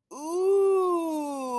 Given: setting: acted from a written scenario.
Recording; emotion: vocal sound without words; desire